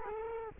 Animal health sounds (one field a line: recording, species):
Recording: mosquito wingbeat signal from an infrared sensor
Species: Culex quinquefasciatus